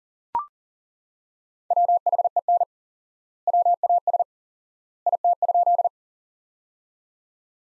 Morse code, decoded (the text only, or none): WHEN WAS IT?